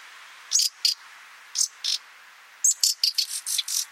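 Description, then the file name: Common nightingale uttering harsh, scratchy call notes, a few separated ones followed by a quicker cluster of rasping notes with a high whistle. "Luscinia megarhynchos"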